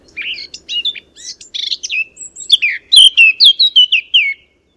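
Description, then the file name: Eurasian blackcap song: a fast, scratchy chattering warble that breaks into a run of loud, clear fluting whistles over the last two seconds. "Sylvia atricapilla"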